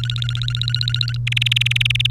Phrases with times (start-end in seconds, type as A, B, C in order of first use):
0.00-1.17 A, 1.27-2.10 B